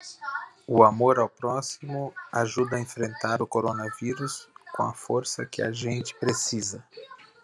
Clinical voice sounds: spoken sentence; Brazilian Portuguese; male; 40 to 49 years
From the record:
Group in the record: control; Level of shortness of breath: 0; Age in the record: 41 years

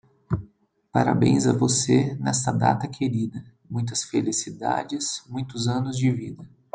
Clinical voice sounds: short text; Brazilian Portuguese; male; 30 to 39 years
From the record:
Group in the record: control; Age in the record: 33 years

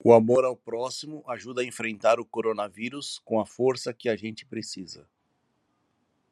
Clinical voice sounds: spoken sentence; Brazilian Portuguese; male; 40 to 49 years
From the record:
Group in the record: control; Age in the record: 48 years

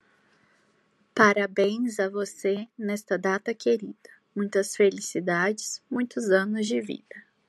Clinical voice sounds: short text; Brazilian Portuguese; female; 20 to 29 years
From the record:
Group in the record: control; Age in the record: 26 years

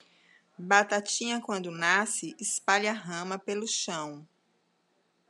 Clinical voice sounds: short text; Brazilian Portuguese; female; 50 to 59 years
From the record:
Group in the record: control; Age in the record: 55 years

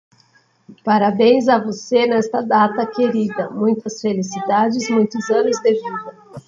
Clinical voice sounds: short text; Brazilian Portuguese; female; 40 to 49 years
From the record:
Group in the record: control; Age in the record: 43 years

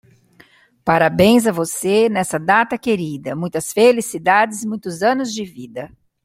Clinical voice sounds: short text; Brazilian Portuguese; female; 50 to 59 years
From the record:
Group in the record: control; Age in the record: 54 years

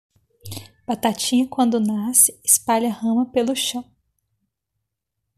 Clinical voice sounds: short text; Brazilian Portuguese; female; 30 to 39 years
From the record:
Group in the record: control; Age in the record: 36 years

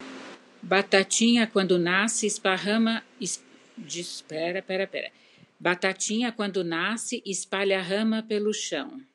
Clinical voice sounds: short text; Brazilian Portuguese; female; 60 to 69 years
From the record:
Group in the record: control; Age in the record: 61 years

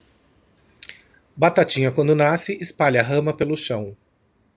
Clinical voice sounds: short text; Brazilian Portuguese; male; 50 to 59 years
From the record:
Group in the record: control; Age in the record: 52 years

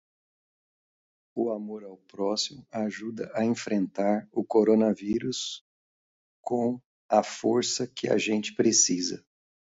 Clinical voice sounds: spoken sentence; Brazilian Portuguese; male; 50 to 59 years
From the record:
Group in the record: control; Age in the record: 56 years

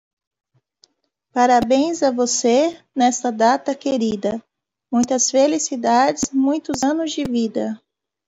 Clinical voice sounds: short text; Brazilian Portuguese; female; 30 to 39 years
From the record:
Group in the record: control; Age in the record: 36 years

